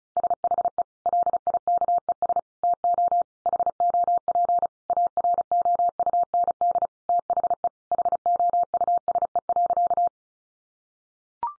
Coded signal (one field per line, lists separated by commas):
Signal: Morse code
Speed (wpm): 34 wpm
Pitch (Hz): 700 Hz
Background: none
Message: SHE LIKES TO HOP AROUND THE HOUSE.